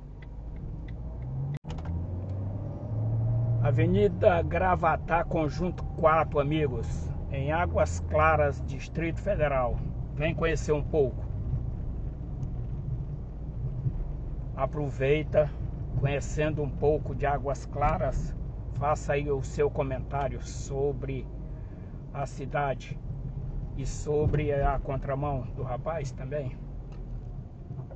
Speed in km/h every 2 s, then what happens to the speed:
17, 27, 30, 34, 34, 34, 32, 33, 32, 33, 27, 26, 27, 14.
0-10 speeds up to 34. 10-24 steady at about 32. 24-26 brakes to 14.